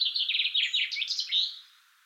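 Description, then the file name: Common chaffinch song: a loud, rapid run of chipping trilled notes ending with a short accented phrase. "Fringilla coelebs"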